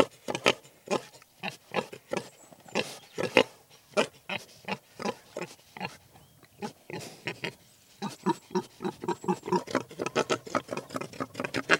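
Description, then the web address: Pigs grunting, many short low snorts and oinks from several animals, coming in irregular bursts with a brief lull at about eight seconds. Several pigs in a field. "Sound Effects-BBC Pigs"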